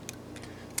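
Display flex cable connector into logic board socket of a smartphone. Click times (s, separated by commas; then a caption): 0.1 s, 0.8 s. An iPhone 5 display flex cable connector is lined up by finger and pressed onto the logic board socket. Sharp clicks are heard at 0.1 s and 0.8 s, with faint softer taps between them. The connector seats in the socket.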